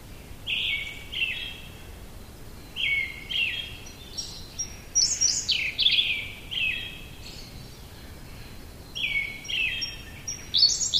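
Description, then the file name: Siberian blue robin singing a series of fast, dry trilled phrases, each roughly a second long, with brief thin high notes between them and a soft hiss behind. "koruri"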